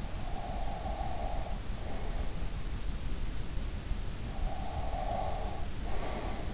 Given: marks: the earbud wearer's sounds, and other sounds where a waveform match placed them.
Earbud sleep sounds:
sounds in sleep by an in-ear microphone; breath
0.08-2.34 s: breath
4.54-6.54 s: breath

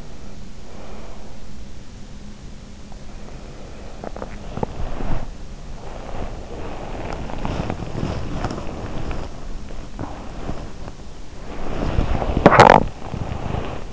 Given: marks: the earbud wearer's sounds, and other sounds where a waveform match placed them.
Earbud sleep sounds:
sounds in sleep by an in-ear microphone; breath, body movement, teeth grinding
0.00-1.46 s: breath
3.54-13.93 s: body movement
12.08-13.08 s: teeth grinding

